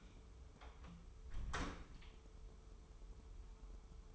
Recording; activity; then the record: daily activity, microphone in the room; close door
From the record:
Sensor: 1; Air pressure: 1015.1 hPa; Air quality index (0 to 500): 101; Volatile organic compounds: 3 ppm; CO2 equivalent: 1356 ppm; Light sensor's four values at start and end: 14/33/14/15 and 14/33/14/15